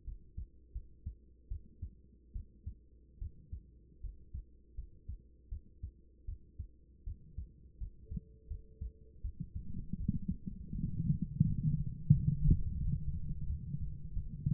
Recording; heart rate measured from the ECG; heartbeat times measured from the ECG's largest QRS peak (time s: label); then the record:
heart sounds by stethoscope; 81 bpm
0.04 s: heartbeat
0.72 s: heartbeat
1.48 s: heartbeat
2.32 s: heartbeat
3.18 s: heartbeat
4.00 s: heartbeat
4.74 s: heartbeat
5.49 s: heartbeat
6.25 s: heartbeat
7.04 s: heartbeat
7.78 s: heartbeat
8.47 s: heartbeat
9.21 s: heartbeat
9.97 s: heartbeat
10.72 s: heartbeat
11.43 s: heartbeat
12.11 s: heartbeat
12.79 s: heartbeat
13.46 s: heartbeat
14.13 s: heartbeat
From the record:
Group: healthy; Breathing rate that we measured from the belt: 15 breaths a minute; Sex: female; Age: 24 years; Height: 163 cm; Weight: 55.7 kg